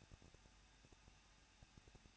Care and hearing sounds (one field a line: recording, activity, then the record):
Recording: daily activity, microphone in the room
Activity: no activity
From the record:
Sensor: 2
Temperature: 21.0 degrees Celsius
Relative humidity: 37.3%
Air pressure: 1006.4 hPa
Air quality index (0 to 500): 220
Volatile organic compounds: 23 ppm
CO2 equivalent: 2781 ppm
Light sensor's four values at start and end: 2/3/2/2 and 2/3/2/2